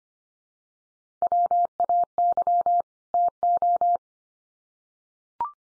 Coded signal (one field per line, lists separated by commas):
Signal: Morse code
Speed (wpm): 25 wpm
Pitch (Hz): 700 Hz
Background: none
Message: WAY TO